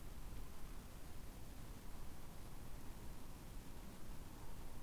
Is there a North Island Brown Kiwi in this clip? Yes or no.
no